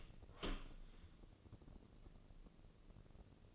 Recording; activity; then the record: daily activity, microphone in the room; open door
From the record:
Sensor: 4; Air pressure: 1013.2 hPa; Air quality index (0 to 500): 179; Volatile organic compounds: 2 ppm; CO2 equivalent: 1126 ppm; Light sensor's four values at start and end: 70/171/72/73 and 95/236/98/103